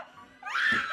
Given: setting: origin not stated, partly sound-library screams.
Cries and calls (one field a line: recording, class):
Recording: one-second piece from a danger detection set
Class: woman in danger